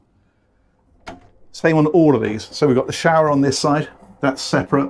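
On a Lazzara LSX 67 yacht, a cabin door is released from the stay holding it open, and its automatic closer swings it shut so it won't crash around at sea. A single sharp knock at 1.1 s marks the door closing onto its latch in the frame. Someone then talks.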